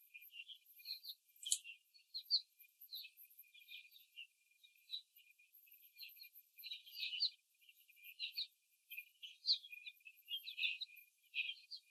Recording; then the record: young laying hens in a cage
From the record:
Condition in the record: after the stressor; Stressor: simulated dog barking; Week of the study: 3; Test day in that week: 1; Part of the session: 4